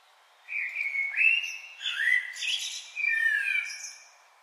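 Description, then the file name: Common blackbird singing one rich, mellow phrase of slurred fluted notes, rising and falling, with soft high twitters above. "Turdus merula"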